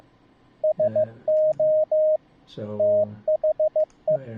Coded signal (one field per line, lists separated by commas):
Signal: Morse code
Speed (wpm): 15 wpm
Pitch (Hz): 620 Hz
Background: speech, radio noise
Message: SO THE